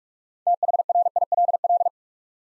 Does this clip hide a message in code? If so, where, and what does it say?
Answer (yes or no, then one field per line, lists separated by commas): yes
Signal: Morse code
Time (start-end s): 0.5-1.9 s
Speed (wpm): 44 wpm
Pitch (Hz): 700 Hz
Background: none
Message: THRILL